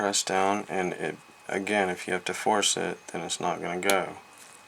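Someone talks while an LCD ribbon cable connector for a GBA IPS V.2 screen is handled over its socket on the handheld console's mainboard, ready to be pressed down onto the board. Nothing has seated or clicked yet; the clip ends before the connector snaps into place.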